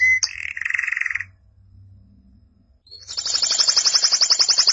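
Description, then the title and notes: Canary trilling: a brief rolling trill, a short quiet gap, then a loud, very fast high-pitched trill of repeated notes to the end. "BM Suara Kenari. BM Suara Burung Kenari"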